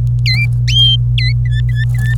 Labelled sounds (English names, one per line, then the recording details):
Domestic Canary song
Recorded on 26 April 2018 at 11:34
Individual llb3